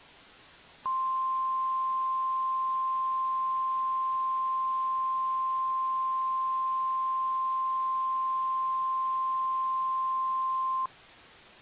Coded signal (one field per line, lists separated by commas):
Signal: Emergency Alert System (SAME) tones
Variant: 1050 Hz attention tone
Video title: EAS Event Retrospective: July 4th, 2001 Severe Weather Outbreak (With Valid Tones)